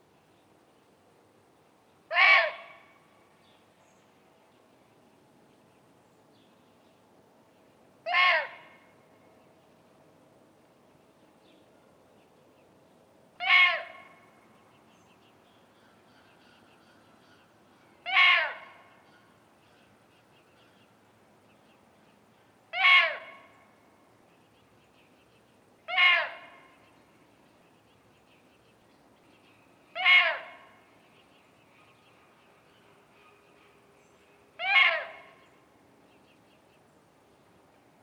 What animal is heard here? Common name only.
Indian Muntjac